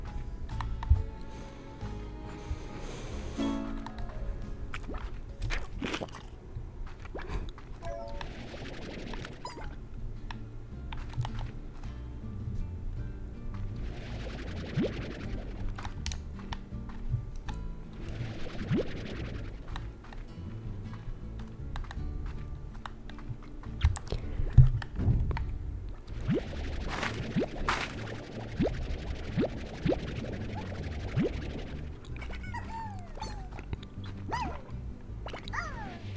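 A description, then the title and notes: Wet chewing and mouth sounds repeat every second or so, with soft clicks and smacks over a steady low hum. Breathy whispered bursts come in around 9, 15, 19 and 27 to 31 seconds, and faint game-like tones run in the background. Gum Chewing Mouth Sounds.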